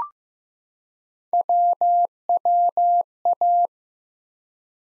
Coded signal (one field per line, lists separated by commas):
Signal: Morse code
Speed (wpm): 15 wpm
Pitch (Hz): 700 Hz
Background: none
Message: WWA